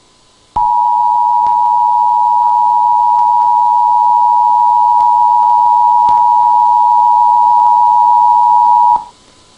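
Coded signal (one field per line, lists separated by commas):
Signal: Emergency Alert System (SAME) tones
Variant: 853 and 960 Hz attention tone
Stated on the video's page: Fictional mock EAS scenario made for entertainment, not real.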